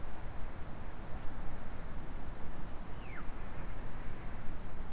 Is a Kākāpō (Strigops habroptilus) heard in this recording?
no